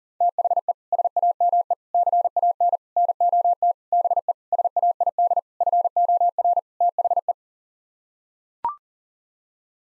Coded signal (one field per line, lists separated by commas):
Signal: Morse code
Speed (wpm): 37 wpm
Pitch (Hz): 700 Hz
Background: none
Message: THE SAME CAN NOT BE SAID FOR THE